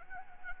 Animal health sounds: mosquito wingbeat signal from an infrared sensor; Anopheles gambiae

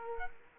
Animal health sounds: mosquito wingbeat signal from an infrared sensor; Culex quinquefasciatus

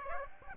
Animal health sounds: mosquito wingbeat signal from an infrared sensor; Aedes aegypti

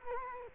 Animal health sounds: mosquito wingbeat signal from an infrared sensor; Culex quinquefasciatus

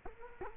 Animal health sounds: mosquito wingbeat signal from an infrared sensor; Culex quinquefasciatus

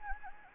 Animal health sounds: mosquito wingbeat signal from an infrared sensor; Anopheles gambiae

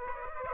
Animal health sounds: mosquito wingbeat signal from an infrared sensor; Aedes aegypti

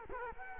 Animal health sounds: mosquito wingbeat signal from an infrared sensor; Culex quinquefasciatus

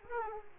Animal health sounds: mosquito wingbeat signal from an infrared sensor; Aedes aegypti

